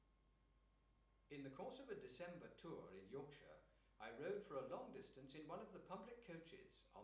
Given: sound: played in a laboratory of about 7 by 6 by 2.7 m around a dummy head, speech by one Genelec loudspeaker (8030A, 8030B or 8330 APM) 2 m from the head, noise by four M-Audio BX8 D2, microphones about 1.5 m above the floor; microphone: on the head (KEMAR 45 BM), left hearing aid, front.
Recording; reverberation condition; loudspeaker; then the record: male speech in English; medium; 120 degrees to the left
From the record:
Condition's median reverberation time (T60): about 510 ms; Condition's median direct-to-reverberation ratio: about -0.5 dB